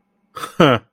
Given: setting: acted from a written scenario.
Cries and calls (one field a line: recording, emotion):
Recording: vocal sound without words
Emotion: amusement